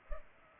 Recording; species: mosquito wingbeat signal from an infrared sensor; Culex pipiens